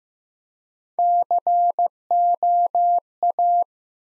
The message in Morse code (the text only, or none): COA